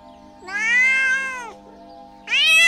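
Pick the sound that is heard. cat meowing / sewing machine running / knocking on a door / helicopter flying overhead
cat meowing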